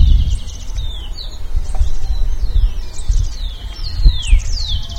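Bird giving high, thin whistled notes that slide downward, repeated in a loose series, over heavy low-frequency rumbling noise.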